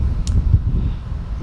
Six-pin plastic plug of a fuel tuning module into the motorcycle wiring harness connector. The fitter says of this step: boom make sure you hear that click and